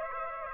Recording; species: mosquito wingbeat signal from an infrared sensor; Aedes aegypti